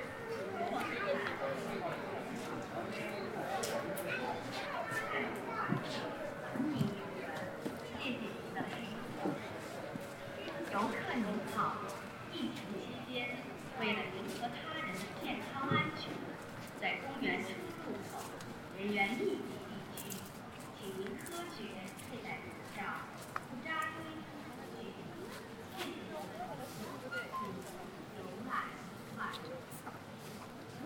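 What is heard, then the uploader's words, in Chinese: Crowd sounds at Ditan in Beijing: many voices talking at once in a steady, dense murmur for the whole half minute. Individual voices and brief exclamations stand out now and then, with scattered light clicks and knocks in the background. 北京地坛。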